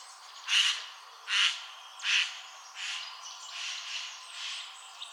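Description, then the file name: Eurasian jay giving harsh, rasping screeches, three loud ones about every 0.8 seconds followed by three softer ones. "Garrulus glandarius"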